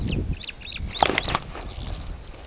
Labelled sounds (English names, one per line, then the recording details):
Superb Starling flight call
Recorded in Kenya on 24 May 2010
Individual 21, of group CF2